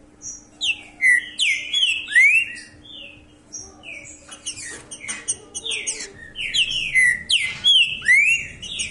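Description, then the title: Green-winged saltator song: repeated phrases of slurred whistles, some sweeping upward, in two main bursts with a short pause and light high chatter. Said to sing like this constantly, all year round. "Canto De Trinca Ferro Voz 07. O ANO TODO DESSE JEITO, ESSE TRINCA FERRO CANTA DIRETO"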